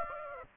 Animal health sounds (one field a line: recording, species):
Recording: mosquito wingbeat signal from an infrared sensor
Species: Aedes aegypti